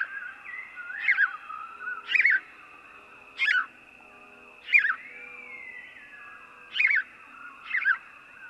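House sparrow giving six sharp cheeps at uneven intervals of one to two seconds, with a constant thin whine and a faint sliding tone in the background.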